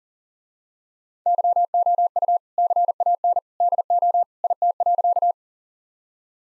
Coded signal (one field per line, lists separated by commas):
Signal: Morse code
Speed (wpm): 40 wpm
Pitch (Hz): 700 Hz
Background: none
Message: YOU CAN DO IT.